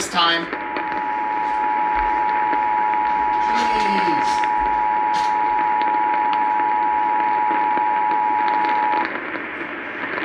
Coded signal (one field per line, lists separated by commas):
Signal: Emergency Alert System (SAME) tones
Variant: 853 and 960 Hz attention tone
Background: speech